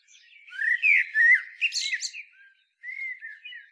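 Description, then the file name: Common blackbird song: mellow fluted warbling phrases with slides, ending in higher squeaky twittering, then a brief pause before another soft fluted phrase begins. "Turdus merula"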